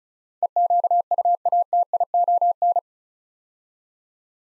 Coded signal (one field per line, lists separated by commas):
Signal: Morse code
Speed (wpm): 36 wpm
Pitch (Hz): 700 Hz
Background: none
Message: EQUATION